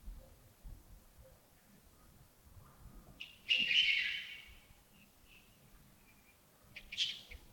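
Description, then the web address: Bird calls: a loud harsh burred note followed by softer chips, then another sharp call near the end, with quiet low background noise. Birds recorded in early morning at Yagongding (亚公顶), 28 December 2025, around 07:40. "2025-12-28 亚公顶清晨 251228 074040 birds"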